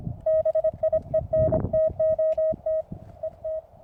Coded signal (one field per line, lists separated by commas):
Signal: Morse code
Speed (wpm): 25 wpm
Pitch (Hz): 630 Hz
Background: none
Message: BIENTOT ET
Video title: Calling UFOs With Morse Code au Plateau du Caussols.